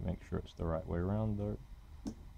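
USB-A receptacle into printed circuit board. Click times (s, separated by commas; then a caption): 2.1 s. Someone talks, then at 2.1 s a short, sharp click is heard as a USB-A receptacle is pressed into its footprint on a binding-post-to-USB adapter circuit board before soldering. Its retaining legs snap into the board holes, and the connector seats firmly and holds in place.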